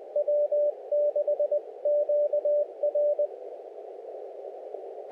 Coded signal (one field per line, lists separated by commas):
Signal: Morse code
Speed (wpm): 20 wpm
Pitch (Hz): 590 Hz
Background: radio noise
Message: W6QR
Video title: The New CFT-1 Field Radio: SOTA Activation and Hands-on Impressions